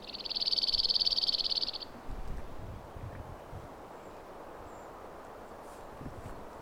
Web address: birdify Emberiza cirlus